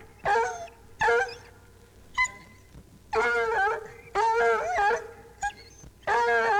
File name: Bloodhound Baying